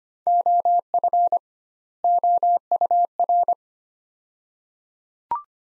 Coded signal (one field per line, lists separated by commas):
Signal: Morse code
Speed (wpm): 25 wpm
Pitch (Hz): 700 Hz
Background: none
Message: OF OUR